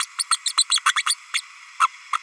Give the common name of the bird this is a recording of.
Green-rumped Parrotlet